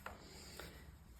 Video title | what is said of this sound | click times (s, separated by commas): Attaching the motor | and you're going to slide it as hard as you can until it clicks. | 0.1 s